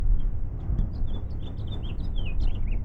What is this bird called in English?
House Finch